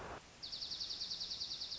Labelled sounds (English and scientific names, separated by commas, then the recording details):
Dark-eyed Junco (Junco hyemalis)
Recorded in Sonoma County, California